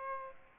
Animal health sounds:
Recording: mosquito wingbeat signal from an infrared sensor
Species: Aedes aegypti

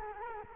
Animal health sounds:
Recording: mosquito wingbeat signal from an infrared sensor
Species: Culex quinquefasciatus

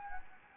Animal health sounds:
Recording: mosquito wingbeat signal from an infrared sensor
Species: Anopheles gambiae

